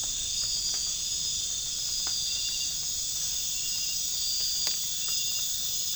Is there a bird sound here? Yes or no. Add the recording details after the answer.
no. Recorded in pastures near Puerto Asís, Putumayo, Colombia, on 25 June 2025 at 00:00. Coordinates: 0.466, -76.322. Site GP07